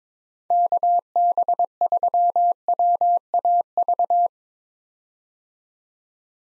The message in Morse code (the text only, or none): KB3WAV